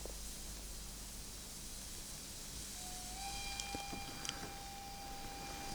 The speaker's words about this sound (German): Hörst du den Bahnhof? Könntest du dann ohne den Bahnhof einschlafen?